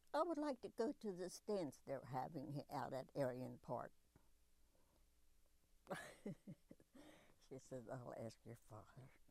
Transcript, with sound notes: I would like to go to this dance they are having out at Aryan Park." [Laughs] She says, "I'll ask your father."